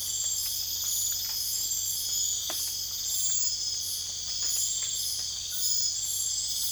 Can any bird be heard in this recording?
no